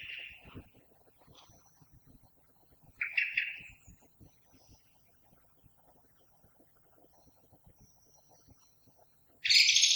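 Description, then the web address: Common blackbird song: short phrases near the start and middle, ending in a sudden loud, high scratchy burst. Recorded on 21 February 2020. "oiseaux Merle 2020 02 21"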